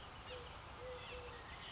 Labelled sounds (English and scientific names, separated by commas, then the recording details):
Eurasian Collared Dove (Streptopelia decaocto)
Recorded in Sonoma County, California